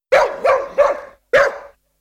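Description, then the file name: Dog barking: three quick barks in a row, a short pause, then one more bark. "chien"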